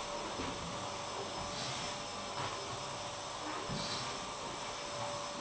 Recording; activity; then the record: daily activity, microphone in the room; vacuum cleaning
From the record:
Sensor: 1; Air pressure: 1011.9 hPa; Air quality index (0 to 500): 239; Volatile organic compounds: 6 ppm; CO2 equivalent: 1899 ppm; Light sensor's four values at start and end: 10/23/9/10 and 10/24/10/10